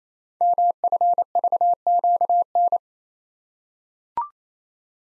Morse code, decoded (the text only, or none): MFVQN